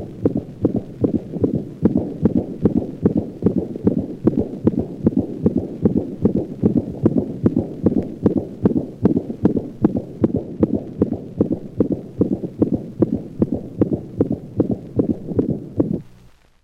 Canine Heart Sounds. Characteristically diminishes in intensity after its onset and is called a decrescendo diastolic murmur. The normal heart sound pattern is disrupted by this high-frequency diastolic murmur. The murmur of aortic insufficiency played at slow speed and then increase to a normal rate.